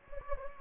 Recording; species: mosquito wingbeat signal from an infrared sensor; Anopheles gambiae